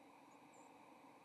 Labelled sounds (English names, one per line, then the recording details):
White-throated Sparrow flight call
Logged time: 08:11 on 30 October 2014